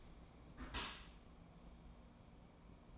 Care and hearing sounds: daily activity, microphone in the room; close dishwasher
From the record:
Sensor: 1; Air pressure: 1012.4 hPa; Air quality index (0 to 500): 167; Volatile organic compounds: 3 ppm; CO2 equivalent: 1368 ppm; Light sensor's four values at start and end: 587/1263/587/642 and 586/1262/586/641

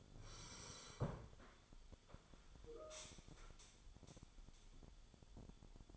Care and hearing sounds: daily activity, microphone in the room; sit down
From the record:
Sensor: 5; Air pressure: 1015.3 hPa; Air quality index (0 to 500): 172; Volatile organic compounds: 6 ppm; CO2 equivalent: 1866 ppm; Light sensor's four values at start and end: 37/84/34/33 and 37/83/34/33

